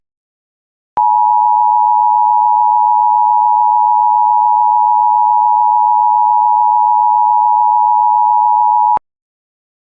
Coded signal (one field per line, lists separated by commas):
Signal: Emergency Alert System (SAME) tones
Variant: 853 and 960 Hz attention tone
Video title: EAS of 1/1/26 part 4: Required weekly test for part of nevada